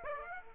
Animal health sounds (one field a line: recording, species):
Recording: mosquito wingbeat signal from an infrared sensor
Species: Aedes aegypti